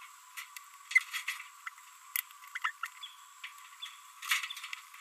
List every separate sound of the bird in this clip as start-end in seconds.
0.91-1.02, 2.55-2.58, 2.64-2.70, 2.83-2.87, 3.03-3.06